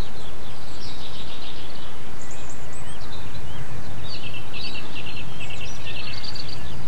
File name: Chants d oiseaux 8 04 07 extrait